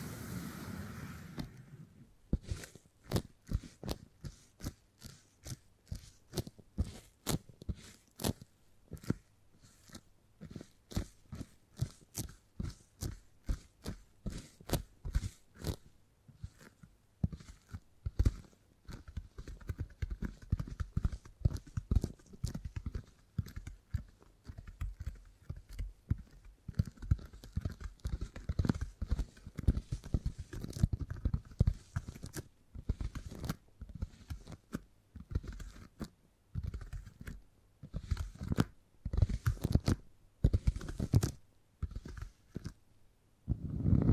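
Beeswax being handled for tingly sounds: a long run of crisp, sticky clicks and crunchy crackles, each sharp and bright. They come every fraction of a second at first, then grow denser and louder from about 17 seconds, with a soft low rustle underneath.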